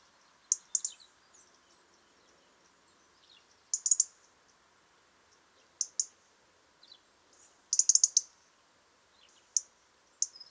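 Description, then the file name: European robin giving sharp, high ticking calls, single or in quick clusters, spaced every two seconds or so, with faint thin whistles between them. "Erithacus rubecula"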